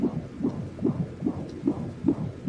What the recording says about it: That is the sound of a baby's heartbeat in the womb. when you provide that ultrasound for her.